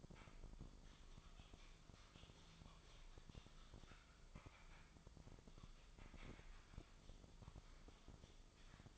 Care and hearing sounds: daily activity, microphone in the room; typing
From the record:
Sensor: 5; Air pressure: 995.4 hPa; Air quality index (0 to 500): 87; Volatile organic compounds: 4 ppm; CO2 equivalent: 1614 ppm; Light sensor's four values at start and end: 25/61/23/22 and 25/61/23/22

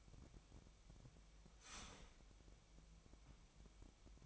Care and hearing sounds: daily activity, microphone in the room; start toaster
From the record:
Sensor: 1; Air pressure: 1002.0 hPa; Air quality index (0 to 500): 239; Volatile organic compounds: 44 ppm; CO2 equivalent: 3210 ppm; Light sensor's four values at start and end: 10/35/12/14 and 10/35/12/14

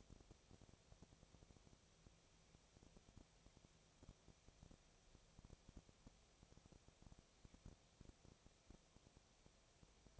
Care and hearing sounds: daily activity, microphone in the room; no activity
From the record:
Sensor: 1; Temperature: 19.8 degrees Celsius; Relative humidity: 37.9%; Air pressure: 998.8 hPa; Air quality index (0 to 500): 233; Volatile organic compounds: 134 ppm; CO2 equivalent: 3946 ppm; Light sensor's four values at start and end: 1/2/1/1 and 1/2/1/1

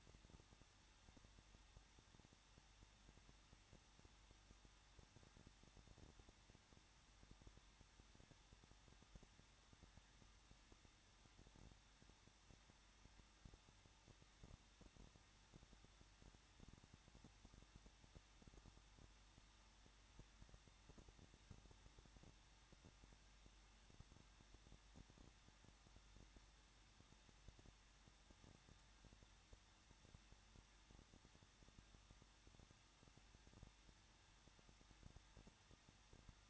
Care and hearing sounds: daily activity, microphone in the room; no activity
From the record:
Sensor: 3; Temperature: 21.2 degrees Celsius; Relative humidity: 36.3%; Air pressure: 1006.2 hPa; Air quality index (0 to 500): 221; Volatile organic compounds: 41 ppm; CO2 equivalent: 3161 ppm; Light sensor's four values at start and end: 2/3/2/2 and 2/3/2/2

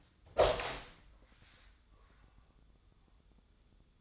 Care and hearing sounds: daily activity, microphone in the room; open door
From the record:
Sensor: 3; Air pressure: 1004.8 hPa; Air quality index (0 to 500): 76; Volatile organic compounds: 2 ppm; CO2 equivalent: 1145 ppm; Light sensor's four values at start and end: 8/19/8/7 and 8/19/8/7

